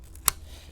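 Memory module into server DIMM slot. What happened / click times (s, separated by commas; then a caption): The latch snapped shut, the module is seated / 0.3 s. The other side of a memory module is pressed down into a DIMM slot in a Dell PowerEdge R210 II server, and the second retention latch snaps shut with one sharp, bright click at 0.3 s over a low steady hum. With clicks on both sides, the module is fully inserted and seated.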